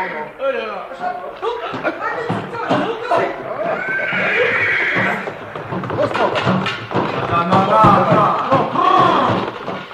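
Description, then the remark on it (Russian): A horse is led aboard a ferry, whinnying amid dull hoof thumps on wooden boards, while several people talk steadily over the commotion. “Ну, помоги лошадь завести.”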